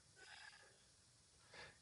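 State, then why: Not seated. After filter maintenance, a filter assembly or cover is turned and lined up so it goes back into a Shark cordless stick vacuum body the right way. Soft, breathy handling rustles come at about 0.2–0.7 s and again around 1.5–1.7 s. Nothing has clicked in yet.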